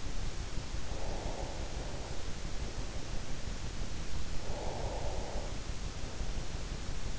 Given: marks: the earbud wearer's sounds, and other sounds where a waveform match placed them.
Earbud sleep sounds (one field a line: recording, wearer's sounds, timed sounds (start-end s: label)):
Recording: sounds in sleep by an in-ear microphone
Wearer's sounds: breath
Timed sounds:
0.76-3.49 s: breath
4.39-6.72 s: breath